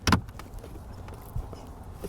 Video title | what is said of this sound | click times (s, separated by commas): DIY 2003 2004 2005 2006 2007 2008 2009 Toyota 4Runner Replacing Cabin Air Filter | we'll push it until we hear a click. | 0.1 s